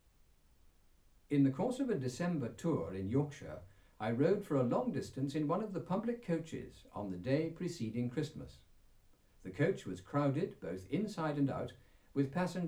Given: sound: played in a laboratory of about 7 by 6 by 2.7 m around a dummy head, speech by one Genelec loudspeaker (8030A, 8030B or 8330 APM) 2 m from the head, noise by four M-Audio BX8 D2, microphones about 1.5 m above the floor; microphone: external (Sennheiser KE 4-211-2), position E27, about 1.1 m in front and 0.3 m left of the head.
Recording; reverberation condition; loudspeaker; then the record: male speech in English; low; 90 degrees to the right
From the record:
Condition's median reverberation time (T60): about 310 ms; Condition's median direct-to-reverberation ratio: about 3.5 dB